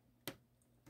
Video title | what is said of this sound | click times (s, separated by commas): How to Build an M Motor Return to Center Steering System - Instructions - No Servo | and it should just snap into place and then when you so you want | 0.3 s